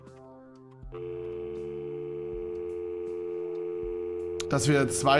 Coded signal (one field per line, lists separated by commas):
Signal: telephone call progress tone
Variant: North America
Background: speech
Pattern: dial tone